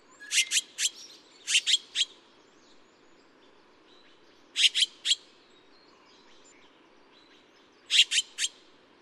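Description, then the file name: Taiwan blue magpie calling in loud, grating triplets, four separate bursts of rapid harsh notes spaced irregularly, with soft twittering from other birds in the background. "台灣藍鵲"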